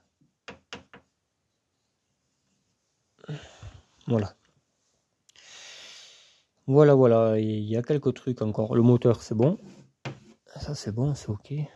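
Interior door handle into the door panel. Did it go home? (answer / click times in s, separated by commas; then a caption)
yes / 0.5 s, 0.7 s. On an old R11 GTL, a clip-on interior door handle is pressed into the door panel, giving two sharp plastic snaps at 0.5 s and 0.7 s. The handle is seated, and someone then talks.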